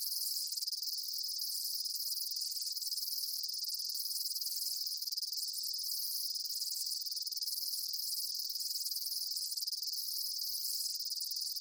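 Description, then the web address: Insect chorus of constant high shrill chirping, buzzy and unbroken, with soft lower pulses recurring roughly every two seconds. Daytime insect ambience, chirping bugs. "Blast Wave Amb Day Insects. animal ambience insects chirps day bugs"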